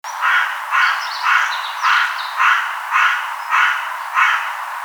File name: Corvus corone